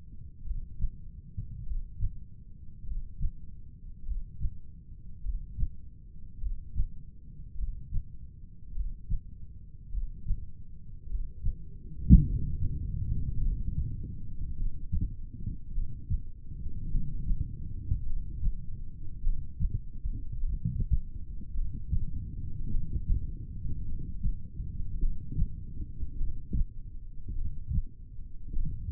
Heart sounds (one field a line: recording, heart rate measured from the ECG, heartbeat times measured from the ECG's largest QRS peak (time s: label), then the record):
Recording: heart sounds by stethoscope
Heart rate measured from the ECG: 51 bpm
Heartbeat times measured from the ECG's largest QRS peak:
0.46 s: heartbeat
1.67 s: heartbeat
2.87 s: heartbeat
4.07 s: heartbeat
5.25 s: heartbeat
6.42 s: heartbeat
7.59 s: heartbeat
8.76 s: heartbeat
9.93 s: heartbeat
11.10 s: heartbeat
12.27 s: heartbeat
13.42 s: heartbeat
14.57 s: heartbeat
15.74 s: heartbeat
16.91 s: heartbeat
18.07 s: heartbeat
19.24 s: heartbeat
20.41 s: heartbeat
21.56 s: heartbeat
22.71 s: heartbeat
23.86 s: heartbeat
25.01 s: heartbeat
26.19 s: heartbeat
27.37 s: heartbeat
28.54 s: heartbeat
From the record:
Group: heart failure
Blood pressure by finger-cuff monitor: 100/54 mmHg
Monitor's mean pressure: 65 mmHg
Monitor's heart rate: 51 bpm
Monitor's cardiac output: 3.9 L/min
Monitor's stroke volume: 76 mL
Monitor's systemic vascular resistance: 1160 dyn s/cm5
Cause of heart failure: cardiac sarcoid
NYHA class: 1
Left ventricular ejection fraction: 39%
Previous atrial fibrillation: present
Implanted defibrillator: present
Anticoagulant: apixaban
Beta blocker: carvedilol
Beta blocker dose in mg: 50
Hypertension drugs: ramipril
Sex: male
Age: 79 years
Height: 184 cm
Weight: 92.5 kg